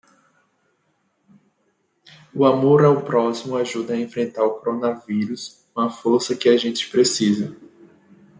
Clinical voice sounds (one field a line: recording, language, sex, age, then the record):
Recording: spoken sentence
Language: Brazilian Portuguese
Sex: male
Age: 20 to 29 years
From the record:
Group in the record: control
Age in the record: 23 years